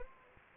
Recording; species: mosquito wingbeat signal from an infrared sensor; Anopheles gambiae